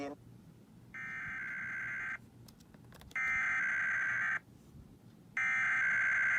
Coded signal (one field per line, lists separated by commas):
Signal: Emergency Alert System (SAME) tones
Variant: header bursts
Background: speech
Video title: IPAWS Required Weekly Test (EAS #203 213) 7/12/21